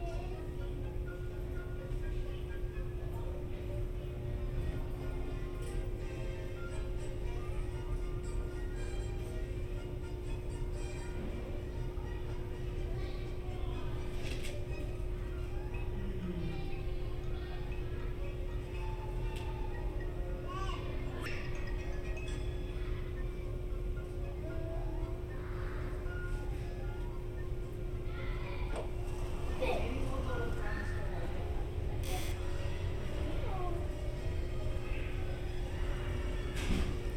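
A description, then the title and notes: Steady hotel lobby background: a continuous low rumble with a constant hum tone running throughout. Scattered brief clicks, knocks and faint voices come and go, growing a little busier and louder after about 28 seconds. Disneyland Hotel Fantasy Tower Binaural Ambience.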